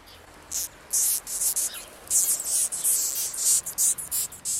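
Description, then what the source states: Death's-head hawkmoth giving short, very high squeaky bursts in a long irregular series of pulses, with faint background hiss. Large migratory night moth making whistling sounds in its mouth cavity; sometimes crosses the Alps to take honey from bees.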